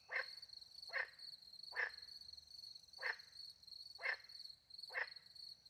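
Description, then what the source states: Short frog croaks every second or so, six in all, with a continuous high cricket trill underneath. Frogs with crickets at night in the countryside by a little pond, France; microphones hidden in a tree near the pond; two Usi pro microphones into a Mixpre 10 II recorder.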